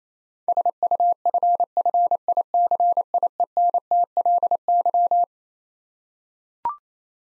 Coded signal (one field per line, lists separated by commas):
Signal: Morse code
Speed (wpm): 28 wpm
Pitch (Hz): 700 Hz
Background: none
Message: SUFFICIENTLY